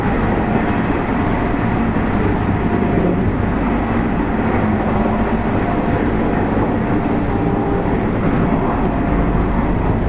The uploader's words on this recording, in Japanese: 西日本鉄道 8000系の走行音です。特急大牟田行きにて録音。区間は二日市から久留米までです。